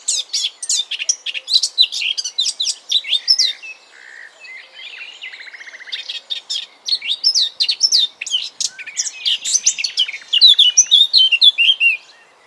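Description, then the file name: Eurasian blackcap song: rapid scratchy warbling, a brief pause with a soft buzzy rattle, then renewed fast, varied warbled phrases with fluty whistles. "Sylvia atricapilla"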